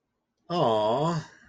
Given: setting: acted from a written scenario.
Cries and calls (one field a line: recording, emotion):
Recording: vocal sound without words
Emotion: adoration